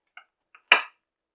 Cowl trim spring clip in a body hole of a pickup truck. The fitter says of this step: until you hear it come loose like that now it's completely loose you can take this